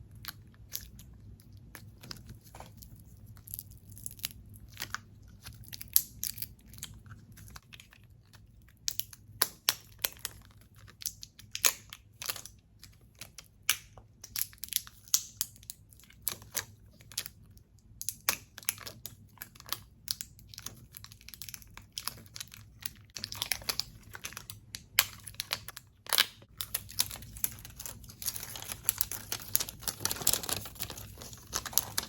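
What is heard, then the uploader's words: Fast, squishy and crinkly triggers: dense bursts of sharp crackles and taps come in quick irregular clusters, with brief pauses between runs. A steady low hum sits underneath the whole time, and the crinkling grows busier and brighter toward the end. ASMR Fast Paced Squishy + Crinkly Triggers.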